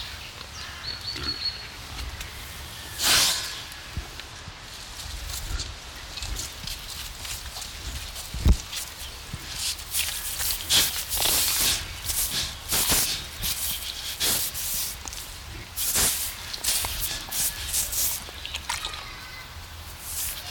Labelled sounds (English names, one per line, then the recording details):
Collared Peccary
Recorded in captivity
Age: adult
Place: Zoo Berlin, Berlin, DE
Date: 1993-10-16 10:25
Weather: heiter,3-8°C
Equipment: Marantz CP 430, Sennheiser MKH 416 T, Kopie Uher Variocord 263
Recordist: Tembrock, Günter